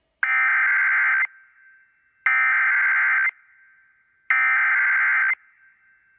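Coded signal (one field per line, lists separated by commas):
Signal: Emergency Alert System (SAME) tones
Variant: header bursts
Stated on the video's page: SAME tones of Hurricane Florence alerts caught live on weather radio stations KHB31, KEC84, WXL58, WNG706 and FM station WERO-FM.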